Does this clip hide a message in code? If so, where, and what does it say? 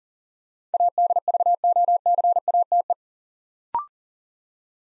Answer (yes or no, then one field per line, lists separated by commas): yes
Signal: Morse code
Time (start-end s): 0.7-2.9 s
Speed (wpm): 39 wpm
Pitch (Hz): 700 Hz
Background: none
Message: ADVOCATE